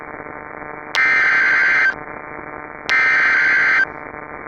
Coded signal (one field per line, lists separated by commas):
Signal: Emergency Alert System (SAME) tones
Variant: header bursts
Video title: Outbreak I: Denver Dismemberment (EAS Scenario)